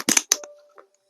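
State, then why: Seated. The quick-release metal chin-strap buckle of a VEGA Bolt Black Panther Edition motorcycle helmet is fastened underneath the helmet, its tongue pushed into the receiver. After some brief handling noise, a sharp click at 0.3 s marks the buckle locking shut, followed by a few faint small sounds. The buckle is seated, and it locks well and also releases well.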